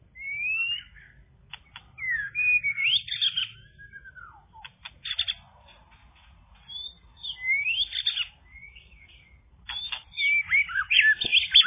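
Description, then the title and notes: Bird delivering sweeping whistles, slurred notes and rapid chatters in irregular bursts, with brief pauses between busy phrases. "Bird Sound. Kicau Burung Lengkap"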